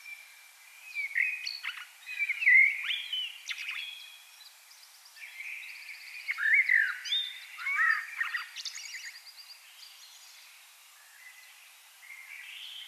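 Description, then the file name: Common blackbird singing several warbled, fluted phrases mixed with squeaky high notes, separated by short pauses. "Turdus merula"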